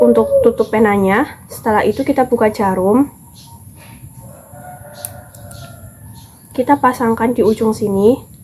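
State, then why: Not seated. Someone talks while handling a pen needle and an insulin injector pen, placing the needle on the tip of the pen, with quiet handling noise and a few brief sharp ticks in the pause between speech. Nothing has seated or clicked yet; the pen needle is not yet tightened onto the insulin pen.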